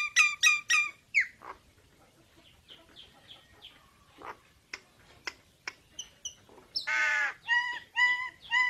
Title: Burung Jalak Nias Gacor Suara Super Gledek Untuk Masteran